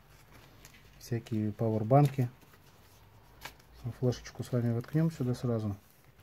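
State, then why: Not seated. Someone talks while handling an insertable part, a card or connector, at the body of a CALYPSO FDV-1110 underwater video camera, with a few faint short handling sounds between the speech. Nothing has seated or clicked yet; the part is not yet home when the clip ends.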